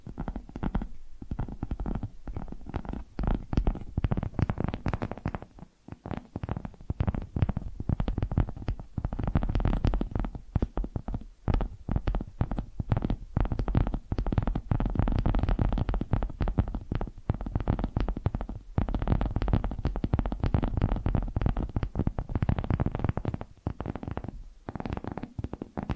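Dense, quick tapping runs almost without pause for the whole stretch, a fast irregular patter of soft, mostly low thuds with some brighter clicks. Brief gaps break it near 1, 6 and 24 seconds, and a low rumble sits underneath throughout.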